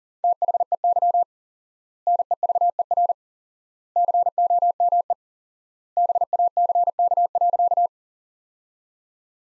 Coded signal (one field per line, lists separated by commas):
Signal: Morse code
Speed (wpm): 40 wpm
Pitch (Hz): 700 Hz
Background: none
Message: THEY NEVER COME BACK.